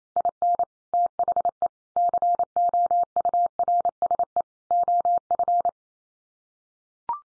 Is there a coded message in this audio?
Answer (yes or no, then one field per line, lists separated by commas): yes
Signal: Morse code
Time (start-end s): 0.2-5.7 s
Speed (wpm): 27 wpm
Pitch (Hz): 700 Hz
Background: none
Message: IN THE COURSE OF